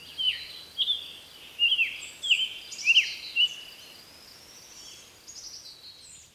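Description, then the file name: Summer tanager delivering five or six short, husky, slurred whistled phrases at a lively pace, then fainter thin high notes. "طائر التانجر الصيفي"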